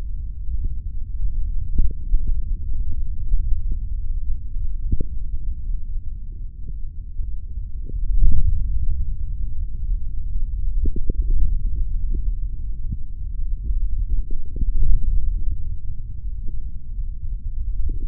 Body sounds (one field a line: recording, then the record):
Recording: forearm muscle sounds (acoustic myography)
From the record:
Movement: finger pinch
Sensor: system 3, bracelet of six PUI Audio POM-2738L microphones around the upper forearm, with dedicated amplification and filtering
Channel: 1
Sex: male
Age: 23 years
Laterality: right